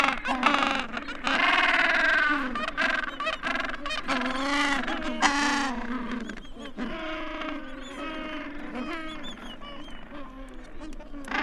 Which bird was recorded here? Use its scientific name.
Pygoscelis papua